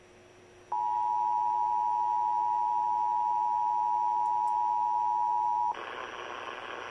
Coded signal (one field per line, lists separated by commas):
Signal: Emergency Alert System (SAME) tones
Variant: 853 and 960 Hz attention tone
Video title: EAS 4058-4059 KDKAAAAAAAAAAAAAAAAAA-